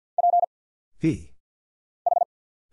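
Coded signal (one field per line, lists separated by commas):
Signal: Morse code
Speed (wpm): 50 wpm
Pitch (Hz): 700 Hz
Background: none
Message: P H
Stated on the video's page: Single-character Morse drill at 50 wpm of letters, numbers, punctuation and prosigns, each sent twice with very short gap before spoken answer.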